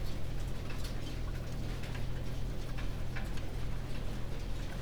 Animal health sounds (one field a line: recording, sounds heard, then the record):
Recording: poultry house recording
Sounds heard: no chicken sound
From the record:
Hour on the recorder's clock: 19